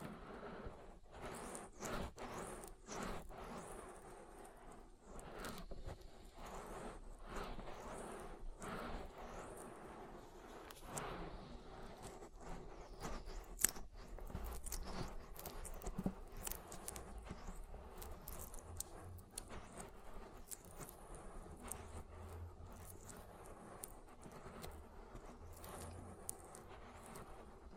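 An oily ear massage makes a continuous run of wet rubbing and squelching sounds. Short crackly strokes come quickly and irregularly throughout, with a steady low rumble underneath and occasional sharper pops, one notably louder near fourteen seconds.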